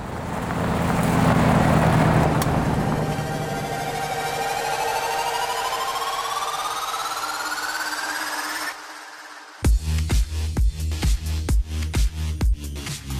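A steady engine rumble and road noise from inside a moving black rental car carrying a DJ to his next gig less than four minutes after his show, with a whine climbing in pitch as it speeds up, then cutting to a pounding, rhythmic music beat.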